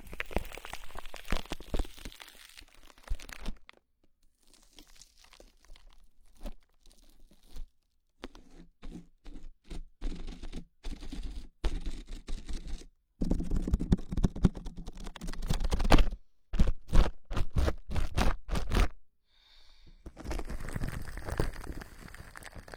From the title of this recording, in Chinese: 泡沫保鲜膜揉耳